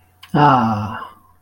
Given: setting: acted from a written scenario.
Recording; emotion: vocal sound without words; contentment